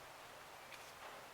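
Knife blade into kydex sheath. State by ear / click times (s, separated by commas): not seated / none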